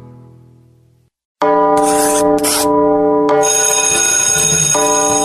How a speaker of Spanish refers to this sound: Ya tocó la campana.